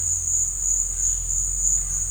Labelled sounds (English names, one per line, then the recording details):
none
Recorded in dense forest near Puerto Asís, Putumayo, Colombia, on 21 December 2024 at 13:00
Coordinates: 0.468, -76.322
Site G071